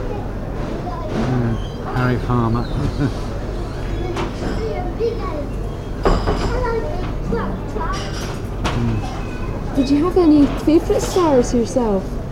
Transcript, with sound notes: Mhm. Harry Palmer. [laughs]
Did you have any favourite stars yourself?